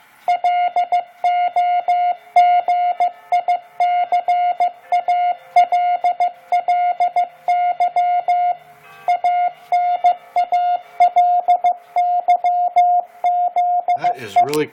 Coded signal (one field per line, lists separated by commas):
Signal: Morse code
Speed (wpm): 15 wpm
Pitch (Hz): 710 Hz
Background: speech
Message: LOGICALLY ANALYZE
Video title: 15 wpm Morse Code and Discussion